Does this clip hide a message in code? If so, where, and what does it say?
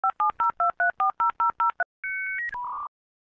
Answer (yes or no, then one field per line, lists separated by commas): yes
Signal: DTMF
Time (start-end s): 0.0-1.8 s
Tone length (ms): 130 ms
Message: 5702340003